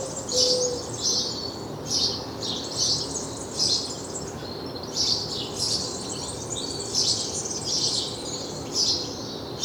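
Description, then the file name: House sparrow chirping, short bright chirps repeated in a steady series about every half to one second, over a constant low background hiss. "Passer domesticus"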